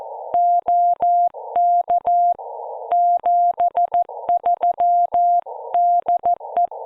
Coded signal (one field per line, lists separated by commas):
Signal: Morse code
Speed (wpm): 14 wpm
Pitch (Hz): 700 Hz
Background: none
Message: OK 73 DE